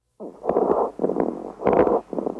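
Quick infant breaths with scattered brief popping clicks on both inhalation and exhalation: mild inspiratory and expiratory crackles.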